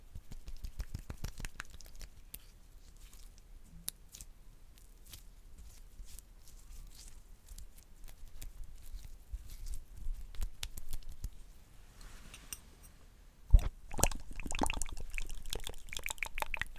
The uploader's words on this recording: ASMR WITH BAD SLIME & GOOD SLIME Popping & Crunching For TingleSss.